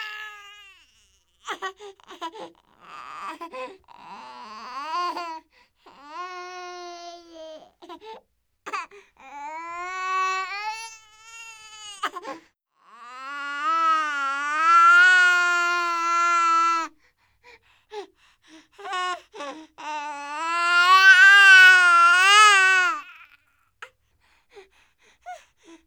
Crying Baby Light Short.